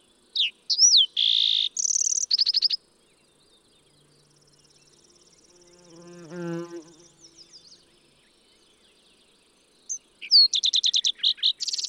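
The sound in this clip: Fox sparrow song, two loud bursts of clear slurred whistles and rapid buzzy trills, separated by a quiet gap with a low droning sound in the middle.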